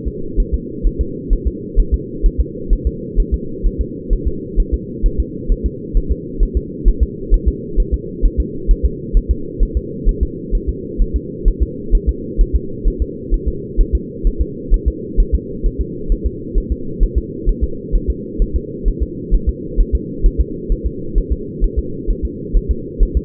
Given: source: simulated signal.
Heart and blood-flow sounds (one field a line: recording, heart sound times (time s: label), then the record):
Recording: fetal heart sounds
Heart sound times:
0.08 s: S2
0.40 s: S1
0.54 s: S2
0.87 s: S1
1.01 s: S2
1.33 s: S1
1.47 s: S2
1.80 s: S1
1.94 s: S2
2.26 s: S1
2.40 s: S2
2.73 s: S1
2.87 s: S2
3.20 s: S1
3.34 s: S2
3.66 s: S1
3.81 s: S2
4.13 s: S1
4.28 s: S2
4.60 s: S1
4.74 s: S2
5.06 s: S1
5.20 s: S2
5.52 s: S1
5.66 s: S2
5.97 s: S1
6.12 s: S2
6.43 s: S1
6.57 s: S2
6.88 s: S1
7.03 s: S2
7.34 s: S1
7.48 s: S2
7.80 s: S1
7.94 s: S2
8.25 s: S1
8.40 s: S2
8.71 s: S1
8.86 s: S2
9.17 s: S1
9.31 s: S2
9.63 s: S1
9.77 s: S2
10.09 s: S1
10.23 s: S2
10.55 s: S1
10.69 s: S2
11.02 s: S1
11.16 s: S2
11.48 s: S1
11.62 s: S2
11.95 s: S1
12.09 s: S2
12.41 s: S1
12.56 s: S2
12.88 s: S1
13.02 s: S2
13.34 s: S1
13.48 s: S2
13.81 s: S1
13.95 s: S2
14.27 s: S1
14.41 s: S2
14.74 s: S1
14.88 s: S2
15.20 s: S1
15.35 s: S2
15.66 s: S1
15.81 s: S2
16.12 s: S1
16.26 s: S2
16.58 s: S1
16.72 s: S2
17.03 s: S1
17.18 s: S2
17.49 s: S1
17.64 s: S2
17.95 s: S1
18.10 s: S2
18.42 s: S1
18.56 s: S2
18.88 s: S1
19.03 s: S2
19.34 s: S1
19.49 s: S2
19.80 s: S1
19.95 s: S2
20.26 s: S1
20.41 s: S2
20.72 s: S1
20.87 s: S2
21.18 s: S1
21.33 s: S2
21.64 s: S1
21.79 s: S2
22.11 s: S1
22.25 s: S2
22.57 s: S1
22.71 s: S2
23.03 s: S1
23.17 s: S2
From the record:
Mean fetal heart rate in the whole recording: 130 bpm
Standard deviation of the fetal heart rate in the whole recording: 2 bpm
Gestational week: 38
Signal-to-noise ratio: -4.3 dB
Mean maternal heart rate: 72 bpm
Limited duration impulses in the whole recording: absent